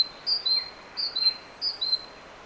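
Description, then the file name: Great tit singing three crisp two-note phrases in quick succession, a high note dropping to a slightly lower one, evenly spaced. "Parus major"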